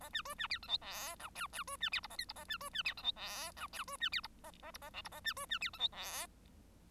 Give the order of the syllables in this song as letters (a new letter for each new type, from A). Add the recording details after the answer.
A B C B D E F G H I I C B D J A K J A B C B D E F G H I C B D J A A J A L J A B C B D E F G. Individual Bird1